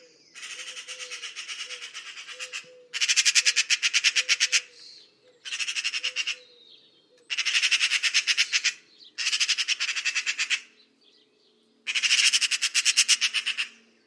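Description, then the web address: Bird gives six long, raspy stuttered squawks, while softer low notes repeat underneath. "Deverinetal 2025 File origin Bird Only"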